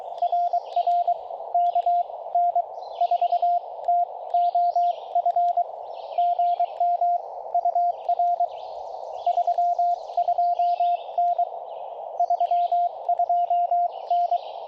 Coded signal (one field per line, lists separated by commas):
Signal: Morse code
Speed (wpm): 22 wpm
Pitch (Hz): 700 Hz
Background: radio noise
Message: RR K N 4TOF GM UR 32N 32N